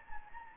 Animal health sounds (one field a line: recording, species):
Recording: mosquito wingbeat signal from an infrared sensor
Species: Anopheles gambiae